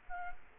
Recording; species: mosquito wingbeat signal from an infrared sensor; Culex quinquefasciatus